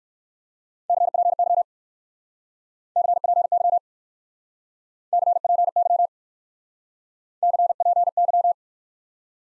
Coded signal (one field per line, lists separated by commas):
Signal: Morse code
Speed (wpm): 55 wpm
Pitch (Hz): 700 Hz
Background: none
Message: CPY CPY CPY CPY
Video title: Top 90 QSO Elements - Speed-Racing - 45wpm